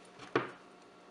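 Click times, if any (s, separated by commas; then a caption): 0.4 s. A steel inline skate bearing is set on a urethane wheel lying flat on a table and pushed down by hand into the wheel hub's bearing seat. It pops into place with a sharp, bright snap at 0.4 s, and a fainter tick follows at 1.1 s. The bearing is seated in the wheel.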